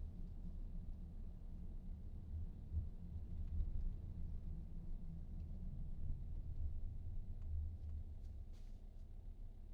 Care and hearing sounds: everyday scene through a hearing-aid microphone; in a vehicle; engine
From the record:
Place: VW T5 Caravelle, diesel engine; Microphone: in the ear canal, right

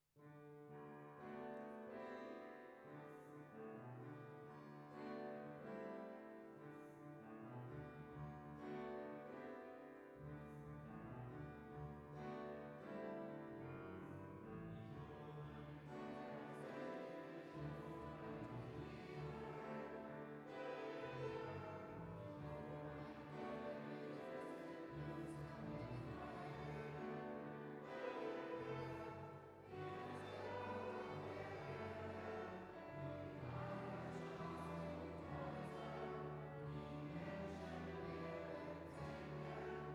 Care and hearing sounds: everyday scene through a hearing-aid microphone; reverberant space; music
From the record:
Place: church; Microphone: behind the ear, left, rear

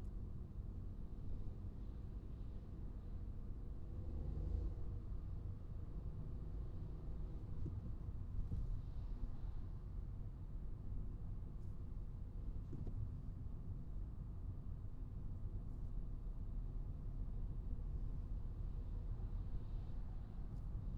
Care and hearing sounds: everyday scene through a hearing-aid microphone; in a vehicle; engine, traffic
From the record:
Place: Skoda Fabia, gasoline engine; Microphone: in the ear canal, right

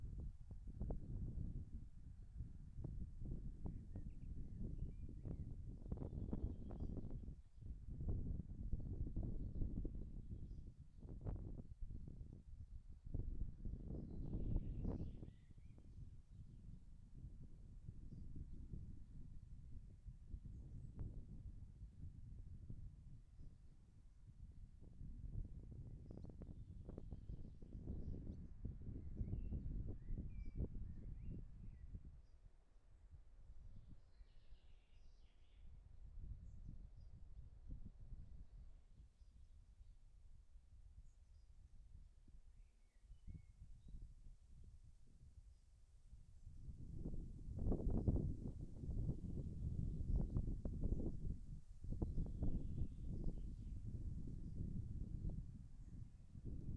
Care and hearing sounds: everyday scene through a hearing-aid microphone; wind on the microphone; wind, birds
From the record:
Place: in front of a rural house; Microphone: behind the ear, left, rear

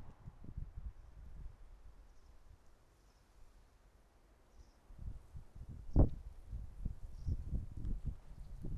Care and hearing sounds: everyday scene through a hearing-aid microphone; wind on the microphone; wind, traffic, birds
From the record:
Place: suburban garden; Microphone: behind the ear, right, front

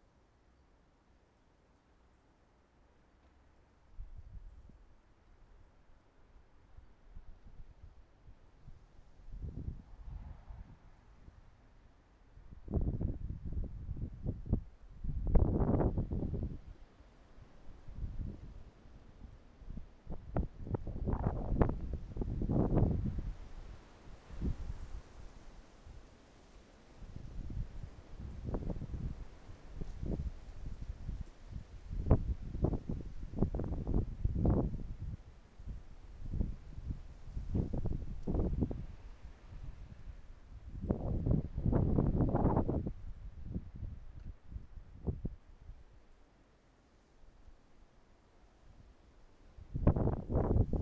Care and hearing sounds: everyday scene through a hearing-aid microphone; wind on the microphone; wind, traffic, birds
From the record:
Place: suburban garden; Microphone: behind the ear, right, front

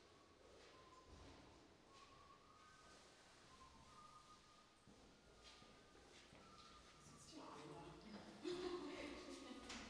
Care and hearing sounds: everyday scene through a hearing-aid microphone; reverberant space; background noise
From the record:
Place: staircase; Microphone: in the ear canal, right

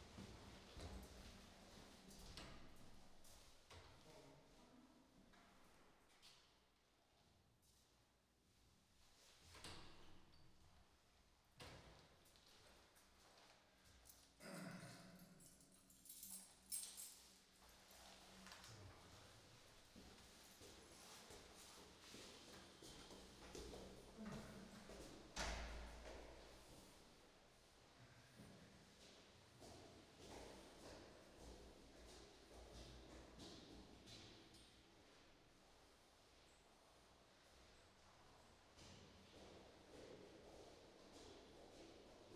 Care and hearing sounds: everyday scene through a hearing-aid microphone; reverberant space; background noise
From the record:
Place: staircase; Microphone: in the ear canal, right

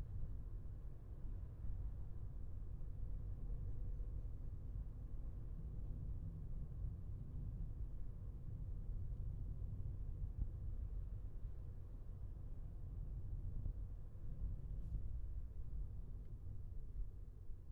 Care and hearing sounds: everyday scene through a hearing-aid microphone; in a vehicle; engine, highway traffic jam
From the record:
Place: Skoda Fabia, gasoline engine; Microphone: behind the ear, left, rear

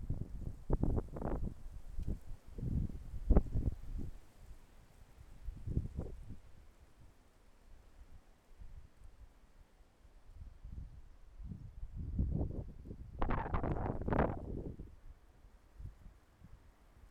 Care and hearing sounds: everyday scene through a hearing-aid microphone; wind on the microphone; wind, traffic, birds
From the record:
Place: suburban garden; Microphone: behind the ear, left, front

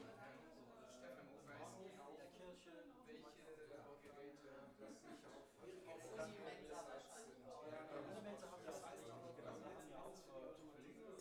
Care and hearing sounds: everyday scene through a hearing-aid microphone; many people talking; many voices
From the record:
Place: bistro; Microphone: behind the ear, left, front

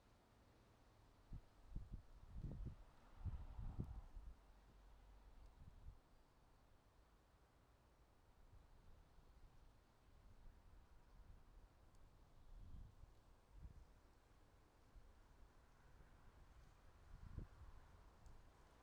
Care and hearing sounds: everyday scene through a hearing-aid microphone; wind on the microphone; wind, traffic, birds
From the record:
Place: suburban garden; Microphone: in the ear canal, right

